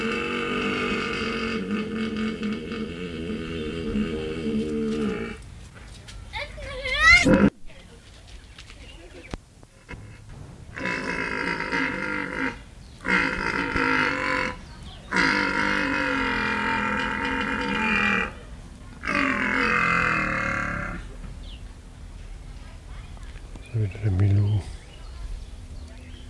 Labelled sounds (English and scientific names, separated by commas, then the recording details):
Horse (Equus caballus)
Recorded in captivity
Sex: male
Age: adult
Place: Zoo Halle, Sachsen-Anhalt, DE
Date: 1978-07-12 13:50
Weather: sunny, 26°C
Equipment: Uher CR 210, Sennheiser MD 421, Kopie Uher 4200
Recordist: Tembrock, Günter